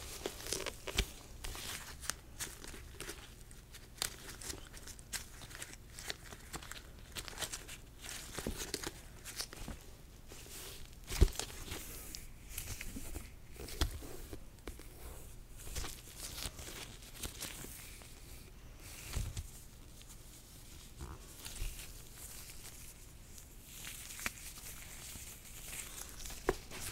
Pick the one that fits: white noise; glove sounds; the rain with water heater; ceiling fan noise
glove sounds